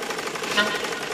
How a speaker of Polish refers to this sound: Lubiłam dźwięk maszyny do szycia mojego tatusia. Oznaczał dom.